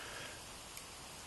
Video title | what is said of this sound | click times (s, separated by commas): Let's shoot the Rossi Revolver | Push it in until it clicks. | 0.8 s